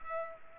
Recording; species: mosquito wingbeat signal from an infrared sensor; Culex pipiens